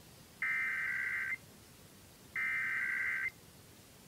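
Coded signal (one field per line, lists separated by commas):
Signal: Emergency Alert System (SAME) tones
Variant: header bursts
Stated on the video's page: Iowa Required Monthly Test originated from an AM station and relayed by radio and TV stations.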